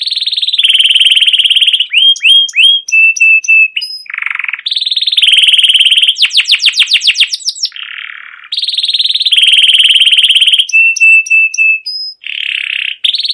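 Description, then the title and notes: Canary song alternating loud buzzy rolls, staccato chirp series and brief whistled notes in a continuous, varied stream. Long continuous chirping and rolling song, used as a lure to stimulate young canaries to sing and learn sounds. "CUIT CUIT NGEROL LANGSUNG GACOR PANJANG Kenari Ini AMPUH utk Pancingan KENARI PAUD BELAJAR BUNYI. burung kenari"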